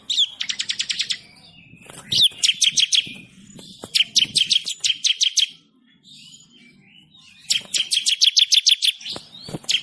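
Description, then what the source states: Bird song: bursts of fast, sharp chirps, several notes per second, separated by short quiet gaps. Bird ringtone with a melodious voice.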